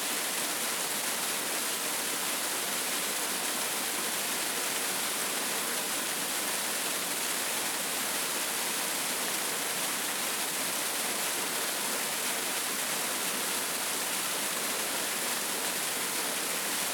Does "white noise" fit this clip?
no